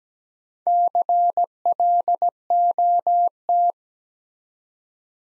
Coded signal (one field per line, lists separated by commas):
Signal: Morse code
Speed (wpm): 17 wpm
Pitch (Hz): 700 Hz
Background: none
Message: CLOT